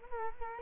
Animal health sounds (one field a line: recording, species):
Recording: mosquito wingbeat signal from an infrared sensor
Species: Culex quinquefasciatus